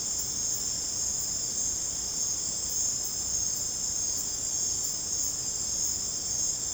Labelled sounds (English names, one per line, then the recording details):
none
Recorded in secondary vegetation near Puerto Asís, Putumayo, Colombia, on 18 December 2024 at 22:00
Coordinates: 0.489, -76.322
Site G059